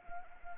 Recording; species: mosquito wingbeat signal from an infrared sensor; Anopheles arabiensis